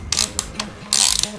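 During reassembly, a metal barrel retaining nut is turned back onto the front of an Uzi submachine gun receiver, producing a quick series of sharp metallic ratchet clicks. The nut is still being handled and has not seated or clicked home yet.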